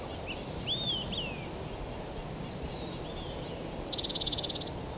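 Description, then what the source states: Spotted Towhee song: one quick buzzy trill late, preceded by slurred whistled notes against a quiet outdoor background. Song number six of a series counted aloud, recorded live on View Road in Stanislaus National Forest on 5 May 2018.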